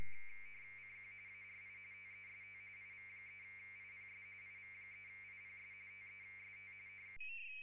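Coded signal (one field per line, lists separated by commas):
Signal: RTTY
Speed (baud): 45.45 baud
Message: CQ ARI TEST IV3IPS IV3IPS TEST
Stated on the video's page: RTTY in the A.R.I. International DX Contest, single operator two VFO, low power.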